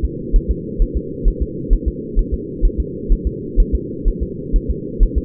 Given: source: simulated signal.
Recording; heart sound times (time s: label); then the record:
fetal heart sounds
0.05 s: S2
0.36 s: S1
0.51 s: S2
0.82 s: S1
0.97 s: S2
1.28 s: S1
1.42 s: S2
1.73 s: S1
1.88 s: S2
2.19 s: S1
2.34 s: S2
2.65 s: S1
2.80 s: S2
3.12 s: S1
3.27 s: S2
3.60 s: S1
3.75 s: S2
4.08 s: S1
4.23 s: S2
4.56 s: S1
4.70 s: S2
5.03 s: S1
5.18 s: S2
From the record:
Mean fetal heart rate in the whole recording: 130 bpm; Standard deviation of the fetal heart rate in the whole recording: 4 bpm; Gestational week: 38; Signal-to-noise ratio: -4.1 dB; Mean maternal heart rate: no maternal heart sound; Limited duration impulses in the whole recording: absent